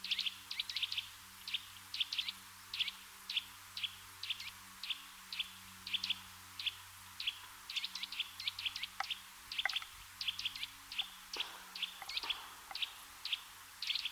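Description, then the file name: Eurasian nuthatch repeating sharp, ringing call notes in rapid pairs and triplets throughout, over a low constant hum with a few soft knocks. "Sitta europaea"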